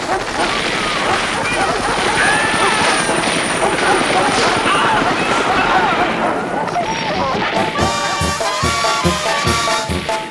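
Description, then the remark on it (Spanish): A helicopter roars loudly and steadily with dense rotor noise while voices shout through its loudspeaker underneath, then its rhythmic thudding blade pulses grow distinct over the final few seconds. “Un helicóptero se oye gritando por la bocina.”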